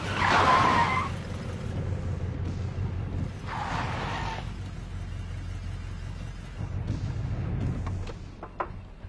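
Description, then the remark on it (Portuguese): A car's tires screech loudly as it skids to a halt, followed by a second shorter squeal, over a steady low engine rumble that idles on afterward. “para o carro.”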